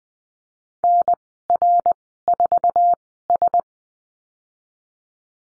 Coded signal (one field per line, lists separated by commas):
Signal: Morse code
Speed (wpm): 20 wpm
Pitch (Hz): 700 Hz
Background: none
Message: NR4S